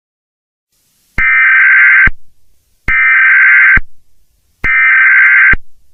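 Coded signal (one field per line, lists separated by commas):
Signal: Emergency Alert System (SAME) tones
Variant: header bursts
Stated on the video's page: Fictional EAS scenario.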